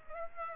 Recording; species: mosquito wingbeat signal from an infrared sensor; Aedes aegypti